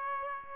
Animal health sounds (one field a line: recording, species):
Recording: mosquito wingbeat signal from an infrared sensor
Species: Aedes aegypti